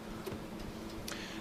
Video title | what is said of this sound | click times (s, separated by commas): Betterpack® 555ES™/555ESA™ | sure that you flip the tape back up into the operating position when you're finished you'll hear a click like that then | 1.1 s